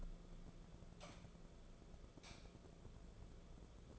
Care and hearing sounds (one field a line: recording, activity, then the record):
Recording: daily activity, microphone in the room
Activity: light on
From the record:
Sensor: 5